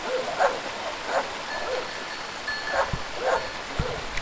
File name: nature small village dogs barking turkey rooster background